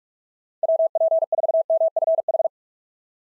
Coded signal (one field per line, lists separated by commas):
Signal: Morse code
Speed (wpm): 44 wpm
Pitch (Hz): 660 Hz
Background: none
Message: WP4MFH